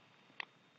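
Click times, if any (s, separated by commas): 0.4 s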